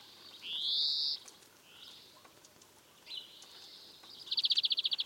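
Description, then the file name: European greenfinch giving a long, loud, rising nasal wheeze, softer drawn-out buzzy notes, then a bright rapid trill to close. "Chloris chloris"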